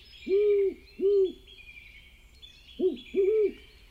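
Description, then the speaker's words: Great horned owl hooting: deep, soft hoots in two pairs, two evenly spaced hoots, then a pause, then two more closer together, over a faint high hiss. "So we've got a great horned owl call, and I think everybody probably knows that call, but let's listen anyway."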